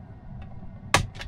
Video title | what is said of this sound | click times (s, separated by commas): How to Clean Your Front Camera Housing! - 2020 Tesla Model 3 HW3 | kind of down toward the bottom just to get more leverage and then you'll eventually hear it pop out | 0.9 s